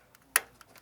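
A SATA data cable is plugged into the port of a 2.5-inch SSD, and its latch gives one sharp, bright click at 0.4 s. Fainter ticks come just before and after. The cable is seated.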